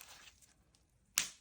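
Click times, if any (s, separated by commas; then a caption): 1.2 s. A stainless steel press-fit case back is lined up with the stem indent, its seal checked, and pressed onto a quartz wristwatch case. After faint rustling, a sharp, bright snap is heard at 1.2 s as the case back seats fully home.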